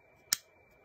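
After the small release button is pressed, the Phillips screwdriver arm of a metal Leatherman Wave multitool folds back down into the handle. It snaps into its closed position with a single sharp metallic click at 0.3 s, and the arm is seated back in place.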